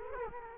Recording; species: mosquito wingbeat signal from an infrared sensor; Culex quinquefasciatus